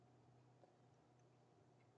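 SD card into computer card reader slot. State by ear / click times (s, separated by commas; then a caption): not seated / none. An SD card is held and lined up with a computer's card slot before being pushed in. A steady low hum runs throughout, with a faint brief tick near 0.6 s. The card has not clicked or seated yet.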